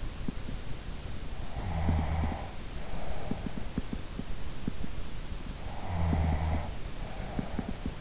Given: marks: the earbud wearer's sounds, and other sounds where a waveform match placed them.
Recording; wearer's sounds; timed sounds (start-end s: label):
sounds in sleep by an in-ear microphone; snoring breath
1.51-3.76 s: snoring breath
5.67-8.01 s: snoring breath